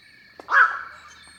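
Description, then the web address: Black-crowned Night-Heron giving a single harsh, croaking squawk that starts abruptly and fades quickly. "BIRD NOTE. Black crowned Night Heron"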